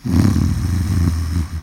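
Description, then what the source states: Doberman snoring: one long, deep, rattling rasp held for well over a second, dense with low rumble. Snoring pet Doberman.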